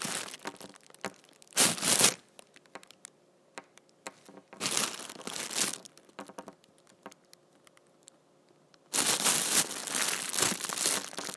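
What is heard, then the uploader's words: A big trash bag being crumpled and handled in bursts of loud, bright crinkling: a short burst around two seconds, a longer one near five seconds, and a sustained rustling stretch from nine seconds to the end. Between bursts, quieter scattered crackles and taps fill the gaps. ASMR Big Ol Trash Bag.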